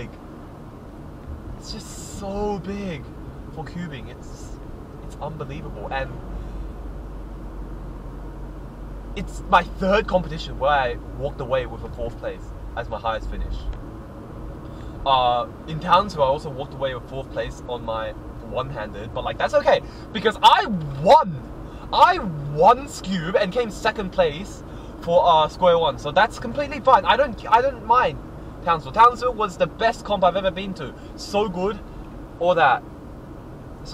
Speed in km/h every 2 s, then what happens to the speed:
45, 44, 46, 48, 52, 55, 56, 58, 58, 59, 59, 58, 56, 56, 57, 54, 52.
0-17 speeds up to 59. 17-34 steady at about 56.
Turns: none.